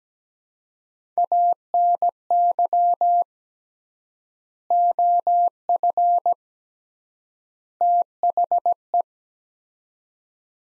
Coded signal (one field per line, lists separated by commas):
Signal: Morse code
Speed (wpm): 17 wpm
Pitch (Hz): 700 Hz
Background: none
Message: ANY OF THE